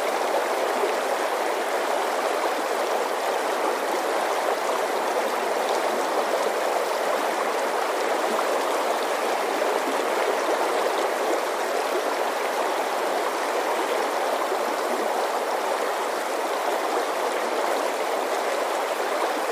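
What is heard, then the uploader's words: Water rushes steadily, like a stream pouring over rocks, with a dense, even hiss that never pauses. The sound sits in the middle and upper range with almost no low rumble, constant for the whole stretch, with only faint gurgles within the flow. Calming Water Sounds.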